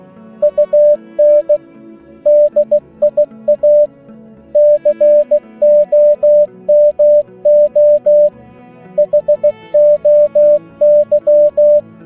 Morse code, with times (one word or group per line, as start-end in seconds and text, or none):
0.4-1.6 UN
2.3-3.9 DIA
4.6-8.3 COMO
9.0-11.8 HOY